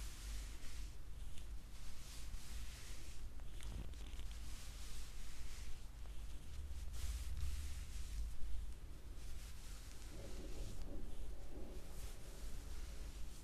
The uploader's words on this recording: ASMR female neck, back, head and scalp massage for deep sleep.